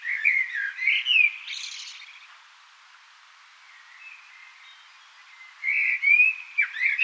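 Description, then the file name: Common blackbird: a melodious whistled phrase closing with a buzzy high twitter, a long quiet stretch with faint notes, then another rich fluty phrase at the close. "Turdus merula"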